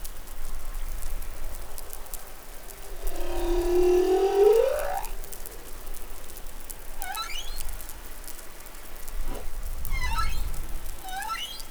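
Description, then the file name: Humpback whale song: a loud rising harmonic moan, then several short squeaky calls and a low grunt, with constant crackling background noise. Recorded in New Caledonia, Pacific, on 20 July 2013. "Baleinea Bosse Nouvelle Caledonie 20130720 Glotin"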